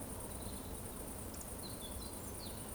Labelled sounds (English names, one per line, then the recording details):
Eurasian Woodcock whistle
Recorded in Baden-Württemberg, Germany, on 25 June 2020 at 20:19 UTC
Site 14569, 102 m above sea level